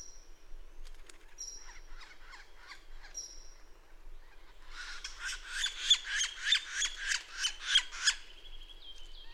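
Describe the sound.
Bird song: a high whistle and scratchy chips, then a loud rasping series of harsh buzzy notes, roughly three per second.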